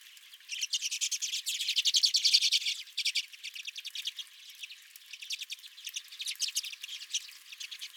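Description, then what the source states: Redpolls twittering, a loud burst of fast chips in the first three seconds followed by looser, quieter chattering. Several redpolls at the recordist's own feeder.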